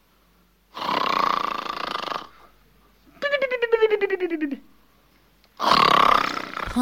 One man snoring.